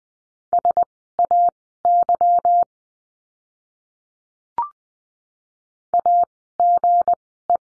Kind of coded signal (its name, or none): Morse code